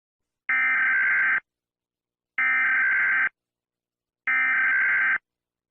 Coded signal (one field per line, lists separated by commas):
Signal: Emergency Alert System (SAME) tones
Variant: header bursts